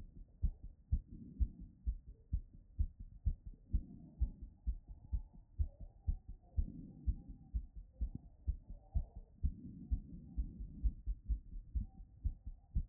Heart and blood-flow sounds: heart sounds by stethoscope; Erb's point; 124 bpm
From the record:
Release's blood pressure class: elevated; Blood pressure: 128/72 mmHg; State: after exercise

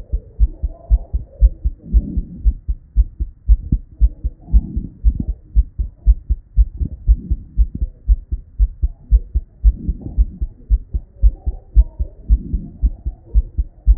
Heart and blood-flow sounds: heart sounds by stethoscope; Erb's point; 116 bpm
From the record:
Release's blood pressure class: normal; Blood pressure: 115/72 mmHg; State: at rest

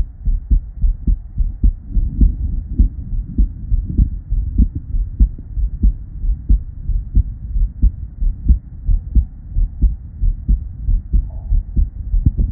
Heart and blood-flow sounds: heart sounds by stethoscope; Erb's point; 102 bpm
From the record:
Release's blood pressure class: normal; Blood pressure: 102/63 mmHg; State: at rest

